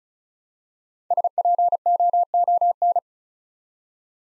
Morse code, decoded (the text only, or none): SPOON